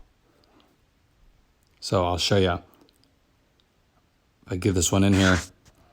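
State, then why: Not seated. A plastic air duct clip is handled at its mount on the engine air intake duct of a 2018-2021 Honda Accord. Someone talks while faint handling clicks and small taps are heard. Nothing has seated or clicked into place yet.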